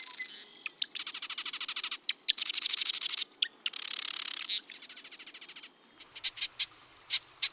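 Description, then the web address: Marsh wren song: back-to-back buzzy rattles and mechanical trills, some harsher and some smoother, ending with scattered sharp ticks. Recorded at Las Gallinas. "Las Gallinas source Marsh. Wren"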